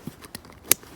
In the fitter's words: you can hear that just snap into place nice and solidly